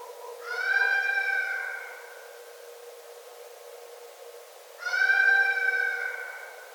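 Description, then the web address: Red fox calls: two long harmonic cries, each lasting over a second, separated by a stretch of quiet. Recorded 9 December 2011. "Red Fox 2011 12 09"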